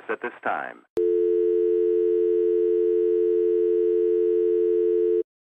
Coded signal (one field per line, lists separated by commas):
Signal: telephone call progress tone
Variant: North America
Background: speech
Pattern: dial tone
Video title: Dial Tone By Backwards Future